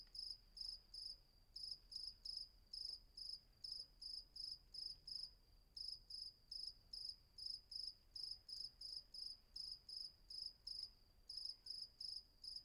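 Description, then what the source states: Cricket giving regular high chirps, short trilled bursts two to three times a second with a brief pause midway, against a quiet background. Night atmosphere at Vagia, Patmos, Greece; recorded with Fostex FR-2 and MKH800.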